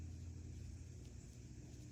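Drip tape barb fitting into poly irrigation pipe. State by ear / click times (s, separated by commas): not seated / none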